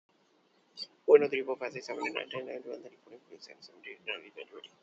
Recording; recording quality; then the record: counting at a fast pace; excellent, no background noise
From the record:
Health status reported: healthy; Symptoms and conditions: none ticked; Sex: male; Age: 28 years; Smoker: not ticked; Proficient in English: yes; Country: India